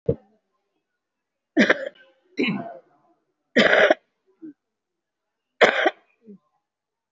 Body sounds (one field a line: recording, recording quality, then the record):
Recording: heavy voluntary cough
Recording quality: excellent, no background noise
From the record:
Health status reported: COVID-19 positive, moderate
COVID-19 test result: positive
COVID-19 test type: RT-PCR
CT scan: taken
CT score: 3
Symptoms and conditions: cough, cold, breathing difficulty, sore throat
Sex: female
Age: 75 years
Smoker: no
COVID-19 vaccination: none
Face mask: worn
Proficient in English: no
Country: India